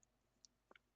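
A sculpted figure part made of epoxy putty around an internal pin is handled against its mating figure part to check the fit. Short, faint handling ticks are heard at about 0.4 s and 0.7–0.8 s. Nothing has clipped in or seated yet.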